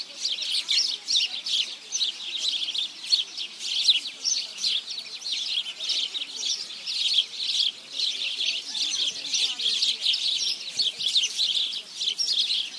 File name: Passer domesticus